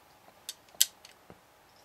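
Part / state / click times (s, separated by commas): spring-loaded shooter into toy brick / seated / 0.8 s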